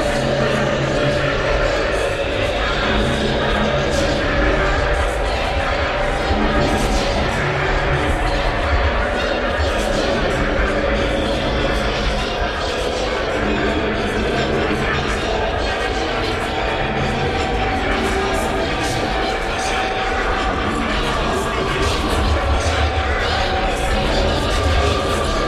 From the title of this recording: Background Chatter, Main Street U.S.A.